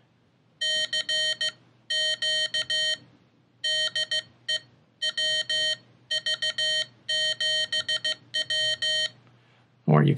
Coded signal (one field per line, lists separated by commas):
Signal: Morse code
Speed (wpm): 15 wpm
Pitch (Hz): 3100 Hz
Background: speech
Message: CQ DE WV7W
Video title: Morserino32: Will it teach you CW?